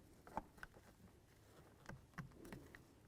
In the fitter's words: listen for a click